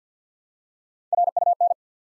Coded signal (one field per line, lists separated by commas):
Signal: Morse code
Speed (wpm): 50 wpm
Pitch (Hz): 700 Hz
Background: none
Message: RUN